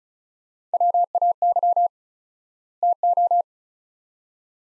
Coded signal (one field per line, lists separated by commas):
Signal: Morse code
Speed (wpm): 36 wpm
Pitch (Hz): 700 Hz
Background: none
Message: WAY TO